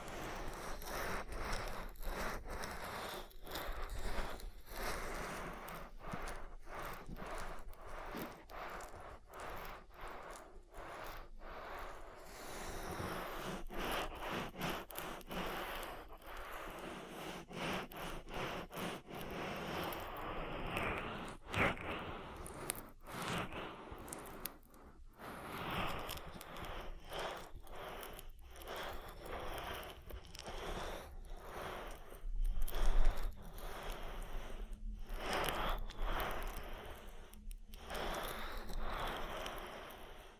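Oil ear massage: a steady, dense wash of soft rubbing and slick, squishy friction fills the whole stretch, broken by frequent brief dropouts where the hands lift. A slightly louder burst of rubbing stands out around thirty-three seconds.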